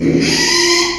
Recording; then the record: squeal of a Yucatan mini pig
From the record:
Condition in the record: after surgery on the right vocal fold (resection and tissue-engineered implant); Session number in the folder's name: 2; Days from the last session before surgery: 13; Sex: male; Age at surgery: 12 weeks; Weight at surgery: 13 kg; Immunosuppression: cyclosporine, prednisolone